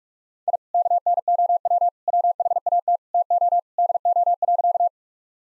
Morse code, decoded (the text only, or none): I KNOW WHAT TO DO.